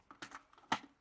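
The dust bin is lined up by its notch with the mechanism on top of a BUSYBUDY 400W cordless stick vacuum body and pushed back on, which takes a few tries. A few light plastic taps and rattles come at about 0.1, 0.2 and 0.4 s, then a loud sharp snap at 0.7 s as the bin locks into place.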